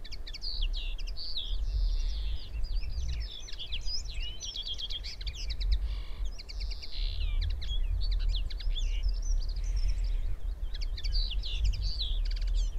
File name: Common Linnet Singing